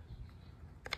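A bolt handle is pressed hard by hand into the steel bolt of a Stoeger M3000 shotgun, sitting in the receiver. Low background rumble is followed by a few sharp, brief clicks near 0.9, 0.9 and 1.0 s as the handle is worked. Nothing has seated or popped into place yet.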